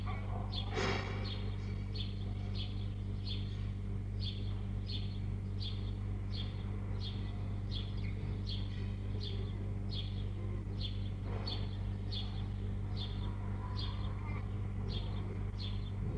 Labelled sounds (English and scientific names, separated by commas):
Red Fox (Vulpes vulpes)